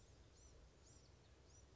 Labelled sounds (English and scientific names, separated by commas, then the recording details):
Blue-gray Gnatcatcher (Polioptila caerulea)
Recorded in Sonoma County, California